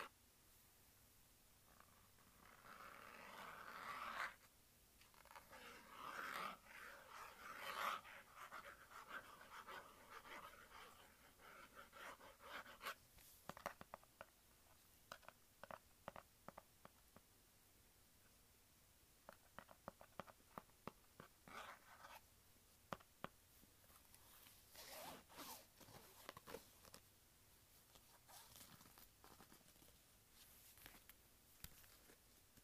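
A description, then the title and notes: A leather wallet is handled, with rubbing, creaking and flapping sounds. The first thirteen seconds hold denser, louder scraping and rustling, then come sparse sharp clicks and snaps, with occasional short bursts of friction around twenty and twenty-five seconds. ASMR Leather Wallet Sounds.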